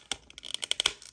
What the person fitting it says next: very easy just clicks into place